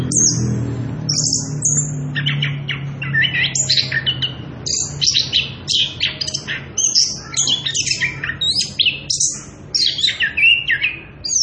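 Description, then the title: Orange-headed thrush singing a fast, continuous medley of high whistles, sharp chips and buzzy notes, over a faint low hum. Energetic continuous singing (ngerol) at high volume, used as a lure and training recording for young birds (trotolan). "Anis Kembang Gacor. pancingan anis kembang ngerol edan volume dasyattt cocok buat masteran trotolan"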